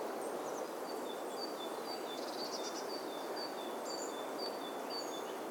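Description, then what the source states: Bird song: short, thin, high whistled notes repeated over and over, with a brief twittering flurry midway, all over a steady, loud ambient noise. Natural bird sounds.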